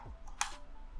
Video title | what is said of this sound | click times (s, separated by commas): Solid 8 Core Gaming PC?! (PC Builds) | so we're gonna hear this click | 0.4 s